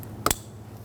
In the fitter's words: snap that together. You're going to hear and feel it lock in.